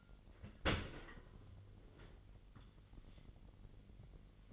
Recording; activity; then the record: daily activity, microphone in the room; open dishwasher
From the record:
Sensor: 4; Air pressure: 999.2 hPa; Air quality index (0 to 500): 122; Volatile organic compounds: 2 ppm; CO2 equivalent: 1196 ppm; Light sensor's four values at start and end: 8/19/7/8 and 8/19/7/8